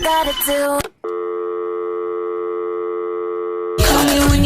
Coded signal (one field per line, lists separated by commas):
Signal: telephone call progress tone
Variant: North America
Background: speech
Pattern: dial tone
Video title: BADA バダ - "DIAL TONE" M/V